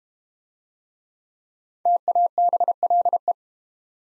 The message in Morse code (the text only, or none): TABLE